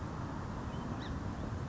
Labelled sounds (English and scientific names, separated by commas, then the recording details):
Song Sparrow (Melospiza melodia)
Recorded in Sonoma County, California